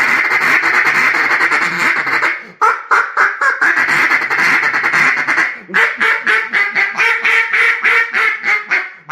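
Duck quacking in long, dense runs of loud nasal quacks, with brief lulls between bouts.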